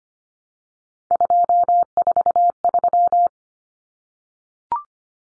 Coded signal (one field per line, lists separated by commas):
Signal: Morse code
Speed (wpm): 25 wpm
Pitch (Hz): 700 Hz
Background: none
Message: 243